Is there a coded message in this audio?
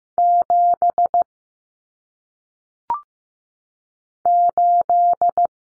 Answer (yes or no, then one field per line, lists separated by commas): yes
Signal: Morse code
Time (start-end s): 0.2-5.5 s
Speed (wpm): 15 wpm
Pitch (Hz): 700 Hz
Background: none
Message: 7 8